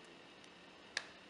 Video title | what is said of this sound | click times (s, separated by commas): GOFAR Kickstarter Unboxing and Initial Review | when you plug it together on the back clicks | 1.0 s